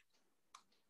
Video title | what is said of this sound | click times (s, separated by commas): HCC RTVF Virtual Camera Training 1 27 21 | the solo pin on the top plug it into the left side you should hear a click click | 0.6 s